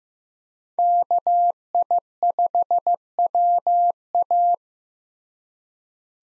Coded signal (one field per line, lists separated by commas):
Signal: Morse code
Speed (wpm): 15 wpm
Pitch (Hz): 700 Hz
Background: none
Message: KI5WA